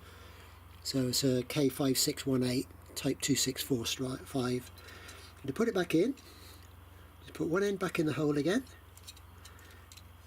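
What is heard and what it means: Someone talks while refitting the plastic interior courtesy light unit, with its new bulb, into the car roof or boot trim panel of a 2012 Seat Ibiza 1.4 SE. One end is put back into the hole in the trim and lined up, with a few faint handling taps near the end. Nothing has clicked into place yet.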